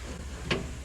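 On a 1967 Shelby GT500 Mustang, a taillight harness connector is pushed into the dash harness connector. Over a steady low background hum, a single sharp click sounds at 0.5 s as the connector seats and is plugged in.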